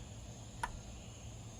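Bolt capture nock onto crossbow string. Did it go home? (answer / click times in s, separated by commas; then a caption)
yes / 0.6 s. A Ravin crossbow bolt, lined up in the hole with the string, is pushed on with some effort until its capture nock clicks onto the string. A single short, bright click sounds at 0.6 s over a steady background hiss, and the nock is seated.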